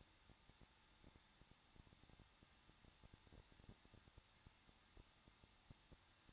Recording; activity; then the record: daily activity, microphone in the room; no activity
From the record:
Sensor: 3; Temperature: 21.2 degrees Celsius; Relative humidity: 36.3%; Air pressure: 1006.3 hPa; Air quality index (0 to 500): 222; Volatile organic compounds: 41 ppm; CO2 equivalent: 3172 ppm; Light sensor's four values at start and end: 2/3/2/2 and 2/3/2/2